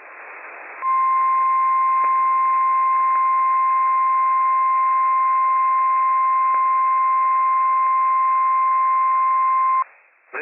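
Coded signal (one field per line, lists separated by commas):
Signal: Emergency Alert System (SAME) tones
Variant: 1050 Hz attention tone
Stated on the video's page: Required Monthly Test EAS tones for the Great Shakeout earthquake drill, issued by the National Weather Service over NOAA Weather Radio station WWF56.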